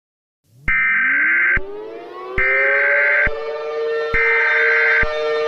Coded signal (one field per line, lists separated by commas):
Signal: Emergency Alert System (SAME) tones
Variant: header bursts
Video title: EAS Scenario 1 | Garten of BanBan Chapter 1: The Wrecking Monsters